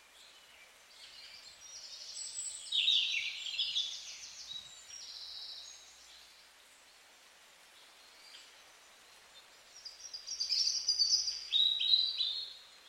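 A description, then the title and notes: Birds chirp from deep in a forest, their high, thin calls arriving in two clusters, first from about two to six seconds, then again from ten seconds to the end. The songs have a quiet, hissing stillness between them and no low sounds. Frequency & Nature Sounds "Birds". In the early morning hours, listen to the enchanting chirping of birds from the depths of the forest.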